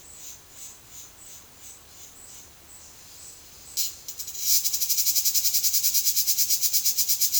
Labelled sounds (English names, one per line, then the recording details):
none
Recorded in dense forest near Puerto Asís, Putumayo, Colombia, on 21 February 2024 at 12:30
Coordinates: 0.505, -76.324
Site G6467